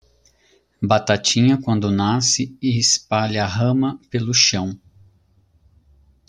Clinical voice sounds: short text; Brazilian Portuguese; male; 30 to 39 years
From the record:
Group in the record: control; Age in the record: 35 years

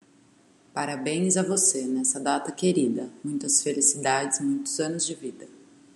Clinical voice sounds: short text; Brazilian Portuguese; female; 30 to 39 years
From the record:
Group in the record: control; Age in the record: 31 years

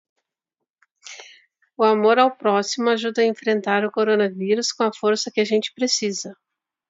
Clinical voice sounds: spoken sentence; Brazilian Portuguese; female; 50 to 59 years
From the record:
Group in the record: control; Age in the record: 54 years

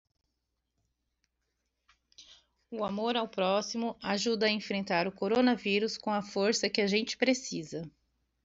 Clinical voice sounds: spoken sentence; Brazilian Portuguese; female; 40 to 49 years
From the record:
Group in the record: control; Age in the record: 43 years

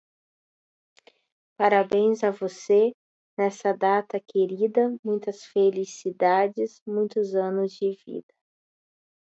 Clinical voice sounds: short text; Brazilian Portuguese; female; 30 to 39 years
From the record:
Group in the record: control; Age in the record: 30 years

